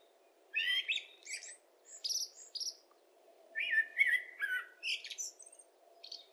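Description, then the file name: Common blackbird song, a flowing mellow warble with high scratchy notes tacked on, broken by brief pauses, against faint background hiss. "Turdus merula"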